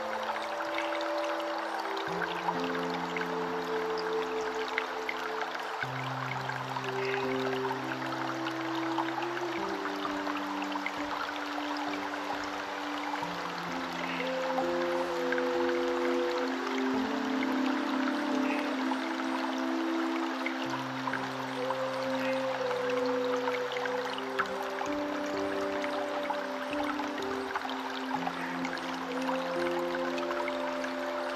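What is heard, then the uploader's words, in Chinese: Sleep music made of long, held chords that shift slowly every few seconds over deep sustained bass notes. A steady rushing, water-like hiss runs underneath the whole time, and the loudness stays even throughout. 舒眠音樂。流水聲。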